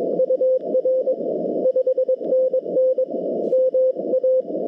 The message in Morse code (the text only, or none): UR 5NN MA